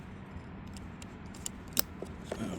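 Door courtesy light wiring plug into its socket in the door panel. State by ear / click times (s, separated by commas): seated / 1.8 s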